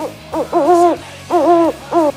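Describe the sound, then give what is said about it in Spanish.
An owl hoots alone in a series of four calls: a short first hoot, then longer, wavering hoots with a clear, mid-pitched tone and brief pauses between them. “Bueno, como no tenía sonido de loro, he puesto una lechuga.”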